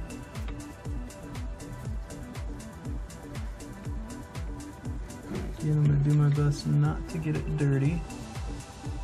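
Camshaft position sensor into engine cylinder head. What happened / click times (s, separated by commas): Handled, not yet seated: the part is being positioned but no seating snap is heard / none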